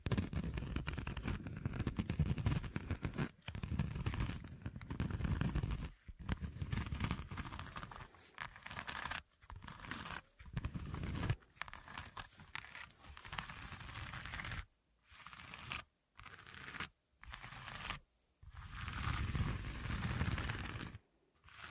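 Scratching in repeated bursts, each a rough, gritty rasp lasting one to two seconds, separated by brief silent gaps. The scraping is dense and heavy in the low end with a hissy top. The gaps grow more frequent after about fifteen seconds.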